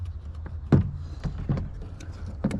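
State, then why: Not seated. A passenger power window switch assembly on a 4th Gen 4Runner is handled and pushed toward its white plastic base in the door trim panel, making a few soft taps and knocks over a low background rumble, with the strongest bump near 0.7 s. Nothing has seated or clicked yet.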